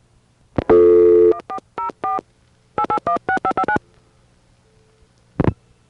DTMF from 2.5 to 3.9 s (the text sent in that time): 8816559